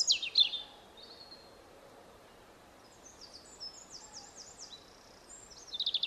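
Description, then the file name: European robin giving a short, bright burst of high notes, then faint thin trills in the background, and a final quick twittering flourish. "Erithacus rubecula"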